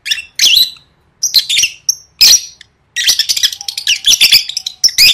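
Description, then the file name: Lovebird chatter: shrill chirps and scratchy squawks in short groups, then a dense run of fast, twittering notes near the end. "tieng vet mau don"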